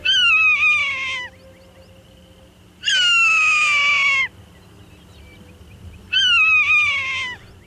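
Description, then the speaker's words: Swainson's Hawk giving three long, harsh, drawn-out screams that slide slightly downward, each over a second long, separated by pauses, the last cut off at the end. Sort of complaining cry. "Here's the sound of the Swainson's hawk."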